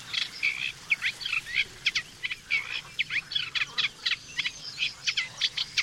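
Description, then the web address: Eurasian reed warbler singing a chattering, grating stream of varied short notes, some repeated in pairs, continuing without pause. "chant didier collin rousserolle effarvatte"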